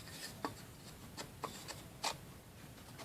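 A wooden back piece is worked into the slot of a wood craft kit with soft rubbing and scraping sounds, after at first not fitting at all. Sharp wooden taps sound at 0.5 s and 1.4 s, and the piece seats into the slot at 1.4 s, followed by another louder scrape near 2.1 s.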